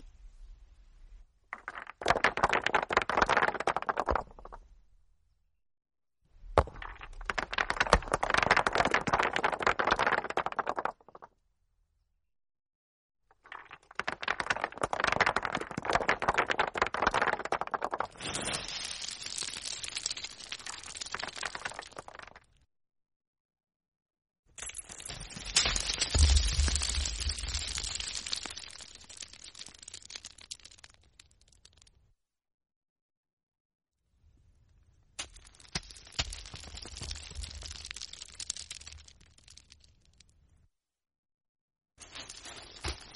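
Stones are handled and rubbed together in six separate bouts of dense, gritty rattling and scraping, each lasting a few seconds and separated by short silences. The sound is crackly, with a faint low rumble under a couple of the bouts.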